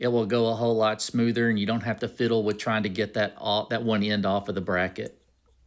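Someone talks while handling the existing harness wiring pigtail, which is left in place to be plugged into a new LED taillight. The voice runs for about five seconds, then falls quiet near the end. Nothing has seated or clicked yet.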